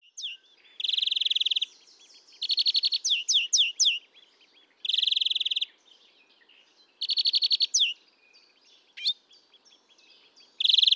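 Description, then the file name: European greenfinch giving rapid trills at irregular intervals, one followed by a short run of swooping notes. "Chloris chloris"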